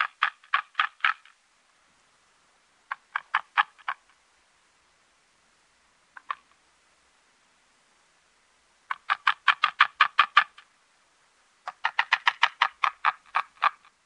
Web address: Faglar Sound Havsorn